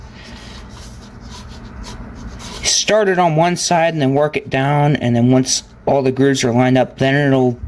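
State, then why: Not seated. A lugged transmission component is started on one side and worked down into a 4L80E automatic transmission case to line up its grooves. Quiet rubbing and handling sounds are heard for the first few seconds, then someone talks over them. Nothing has seated or clicked yet.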